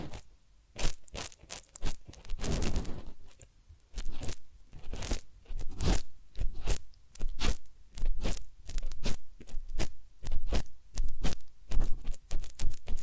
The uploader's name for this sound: Massage, Ear Cleaning and Spa